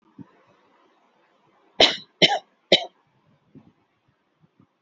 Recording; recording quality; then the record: shallow voluntary cough; excellent, no background noise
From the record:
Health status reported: healthy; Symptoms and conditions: none ticked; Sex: female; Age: 25 years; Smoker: not ticked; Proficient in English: yes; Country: India